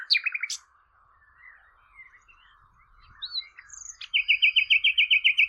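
Bird song: a short chirped trill, soft wavering whistles, then a long even trill of rapid repeated notes.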